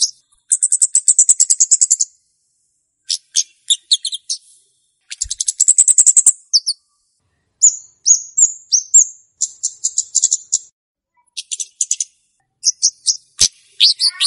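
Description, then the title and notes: Flowerpecker calling in bursts of very high, dry ticking notes mixed with sharp upslurred chips, repeated in short runs with brief pauses. Lure call used for bird trapping. "Kicau Pancing Burung Kemade ( Cabe Cabean). Suara Burung Cabe Cabean Pikat"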